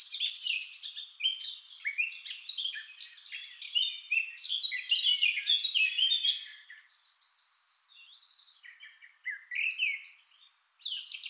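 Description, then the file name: Eurasian blackcap song, a busy, jumbled warble of quick chirps and rattles, dense at first, then broken into shorter bursts. "Sylvia atricapilla"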